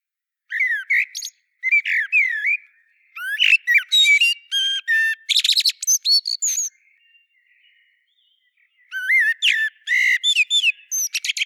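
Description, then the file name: Common blackbird song: low fluted whistles that break into high squeaky twittering, in several phrases with a quiet gap in the middle. "Turdus merula"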